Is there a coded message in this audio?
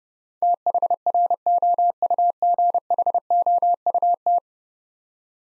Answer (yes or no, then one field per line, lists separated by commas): yes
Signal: Morse code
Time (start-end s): 0.4-4.4 s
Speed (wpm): 30 wpm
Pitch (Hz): 700 Hz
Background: none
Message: THROUGHOUT